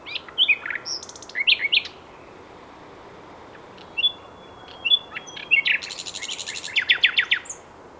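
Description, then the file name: Common nightingale song in varied short phrases of rapid chirps, buzzy rattles and clear whistles, separated by pauses. "Luscinia megarhynchos"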